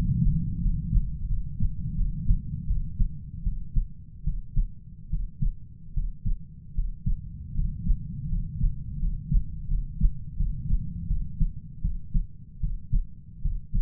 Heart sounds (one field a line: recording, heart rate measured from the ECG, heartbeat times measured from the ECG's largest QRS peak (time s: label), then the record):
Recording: heart sounds by stethoscope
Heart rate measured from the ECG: 80 bpm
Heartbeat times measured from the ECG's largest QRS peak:
0.61 s: heartbeat
1.28 s: heartbeat
1.96 s: heartbeat
2.67 s: heartbeat
3.43 s: heartbeat
4.24 s: heartbeat
5.10 s: heartbeat
5.94 s: heartbeat
6.75 s: heartbeat
7.55 s: heartbeat
8.29 s: heartbeat
8.99 s: heartbeat
9.68 s: heartbeat
10.37 s: heartbeat
11.08 s: heartbeat
11.82 s: heartbeat
12.61 s: heartbeat
13.42 s: heartbeat
From the record:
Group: healthy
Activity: rest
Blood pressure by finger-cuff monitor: 117/76 mmHg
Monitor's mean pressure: 89 mmHg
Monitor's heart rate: 81 bpm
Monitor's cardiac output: 7.1 L/min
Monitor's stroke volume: 87 mL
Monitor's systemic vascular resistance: 920 dyn s/cm5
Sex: male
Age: 33 years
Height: 179 cm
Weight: 80.4 kg